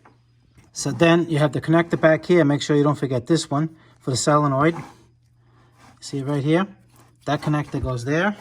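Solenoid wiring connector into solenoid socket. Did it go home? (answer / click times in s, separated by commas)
no / none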